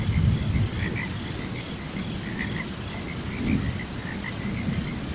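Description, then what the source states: Crickets chirping in short, high notes over rain and low thunder. Chirping during a thunderstorm.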